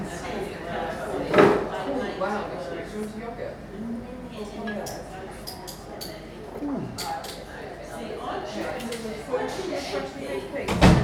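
Lunchtime in an English tea room: a steady murmur of overlapping voices runs throughout. Bright clinks of cups and cutlery come every second or so, with sharper knocks near the start and at the end, and a brief sliding scrape around seven seconds.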